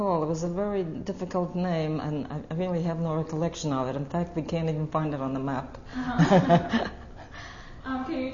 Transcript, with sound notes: It was a very difficult name. I really have no recollection of it. In fact, we can't even find it on the map. (They laugh.)
Okay.